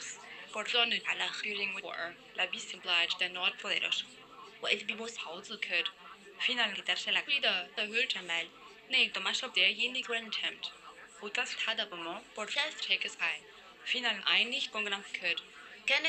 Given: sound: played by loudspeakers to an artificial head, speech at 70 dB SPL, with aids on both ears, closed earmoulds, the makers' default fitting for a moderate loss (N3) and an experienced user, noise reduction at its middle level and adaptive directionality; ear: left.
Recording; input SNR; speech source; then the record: speech test signal (ISTS) in cocktail-party noise; 0 dB; in front (0 degrees)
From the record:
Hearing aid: class 1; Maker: I